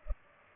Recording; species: mosquito wingbeat signal from an infrared sensor; Culex pipiens